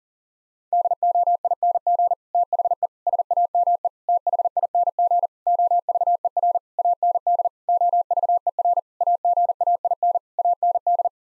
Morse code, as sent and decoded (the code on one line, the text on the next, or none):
-.. --- .. -. --. / - .... . / ... .- -- . / - .... .. -. --. / --- ...- . .-. / .- -. -.. / --- ...- . .-. / .- --. .- .. -. / .- -. -..
DOING THE SAME THING OVER AND OVER AGAIN AND